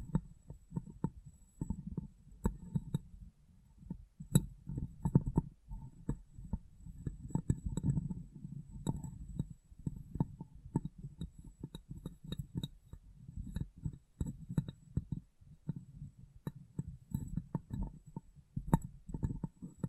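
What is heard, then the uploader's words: Tapping and cleaning on a glass brain, heard as a steady run of soft, low thuds and rubbing that continues for the full twenty seconds. Sharp, bright ticks cut through irregularly every second or so, over a faint, constant high whine. ASMR Glass Brain Tapping & Cleaning (No Talking).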